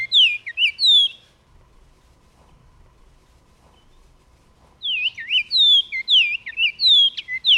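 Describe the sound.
Bahama oriole whistling two song phrases separated by a few quiet seconds, each a quick run of warbled, swooping notes, with faint low background hum.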